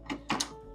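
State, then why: Seated. The travel latch on a sliding pocket door in a 2024 Tiffin Allegro Bay 38 BB motorhome is engaged so the door cannot slide while driving. A soft knock at 0.1 s is followed by the latch's click at 0.3 s and a brief sharp tick at 0.4 s. The latch seats and the door is locked.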